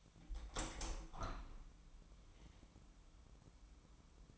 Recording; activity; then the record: daily activity, microphone in the room; open window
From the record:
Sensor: 1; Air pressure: 1006.4 hPa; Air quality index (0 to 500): 209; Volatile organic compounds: 24 ppm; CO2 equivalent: 2814 ppm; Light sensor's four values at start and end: 11/30/11/13 and 12/31/12/14